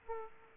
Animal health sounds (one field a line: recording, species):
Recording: mosquito wingbeat signal from an infrared sensor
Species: Aedes aegypti